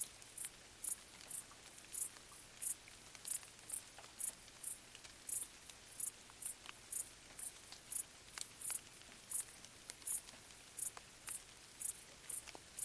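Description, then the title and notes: Cricket song of high, regular chirps repeating quickly, accompanied by scattered raindrop taps and soft rainfall. Several crickets stridulating late on a summer night in gentle rain falling on vegetation, along an abandoned railway track in Bad Boll, Baden-Württemberg, nearby village silent. "Crickets in gentle summer rain. crickets stridulating late at night whilst gentle summer rain falls on the surrounding vegetation. abandoned railway track in Bad Boll, Baden-Württemberg. Colin Hunter. Music for Sleep"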